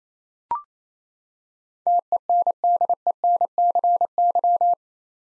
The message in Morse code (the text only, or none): TENDENCY